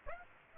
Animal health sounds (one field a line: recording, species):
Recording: mosquito wingbeat signal from an infrared sensor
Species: Aedes aegypti